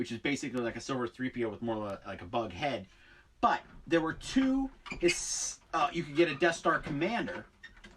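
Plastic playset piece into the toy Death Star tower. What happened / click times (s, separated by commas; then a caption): The plastic piece is being handled but has not snapped into place yet / none. Someone talks while handling a plastic piece of a vintage plastic Death Star playset, working it onto the toy Death Star tower. Two brief faint ticks come at the very end, around 7.7 s and 7.9 s. Nothing has seated or clicked yet; the piece is not yet home.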